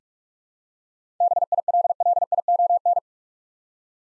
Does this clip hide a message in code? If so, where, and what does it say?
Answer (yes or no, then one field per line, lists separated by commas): yes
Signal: Morse code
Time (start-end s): 1.2-3.0 s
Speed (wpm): 44 wpm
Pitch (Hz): 700 Hz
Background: none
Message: BILLION